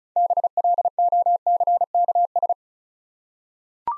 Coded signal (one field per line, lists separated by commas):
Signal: Morse code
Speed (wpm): 36 wpm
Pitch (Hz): 700 Hz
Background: none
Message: BLOCKS